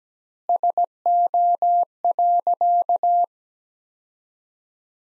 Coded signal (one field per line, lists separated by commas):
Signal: Morse code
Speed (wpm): 17 wpm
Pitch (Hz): 700 Hz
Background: none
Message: SO.